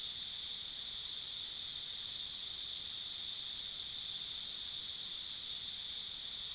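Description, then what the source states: Continuous insect chorus, a shrill even buzz holding one pitch throughout with a faint higher overtone, soft rumble of background noise beneath. Ambient insect sounds along a rural country road.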